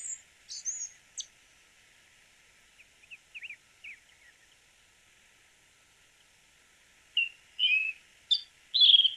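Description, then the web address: Slaty thrush singing high, thin squeaky notes, a few soft scattered chips in the middle, then a louder run of sharp, whistled phrases near the end. "cantos zorzalplomizo"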